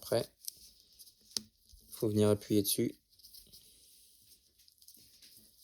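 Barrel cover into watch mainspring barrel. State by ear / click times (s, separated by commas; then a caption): not seated / none. A barrel cover is being handled by hand at a metal watch mainspring barrel, about to be pressed down so it clips in. Someone talks, and sharp small ticks come near 0.5 s and 1.4 s, with faint light taps around 4.7–4.9 s. Nothing has seated or clicked yet.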